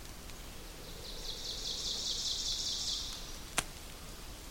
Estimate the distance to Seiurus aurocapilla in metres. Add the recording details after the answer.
about 55 m. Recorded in boreal forest in Alberta, Canada, on 2 June 2016 at 06:45. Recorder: SongMeter 3, array SBT-3-7. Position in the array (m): 193 m, 4 m. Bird 6